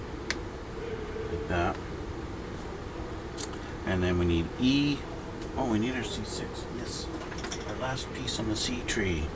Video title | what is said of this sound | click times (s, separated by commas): RX-93 Gundam Ver. Ka, Part 6, finished assembly | going to snap in right there like that and | 0.3 s